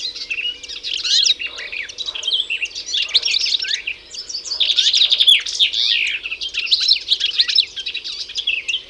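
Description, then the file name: European goldfinch calls in a near-continuous run of bright, liquid twitters and rapid chattering notes, rising and falling throughout, over a low constant hum. "Carduelis carduelis"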